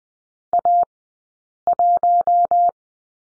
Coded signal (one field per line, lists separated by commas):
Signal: Morse code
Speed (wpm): 21 wpm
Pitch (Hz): 700 Hz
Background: none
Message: A1